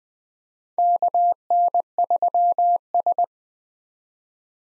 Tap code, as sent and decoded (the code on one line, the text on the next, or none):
none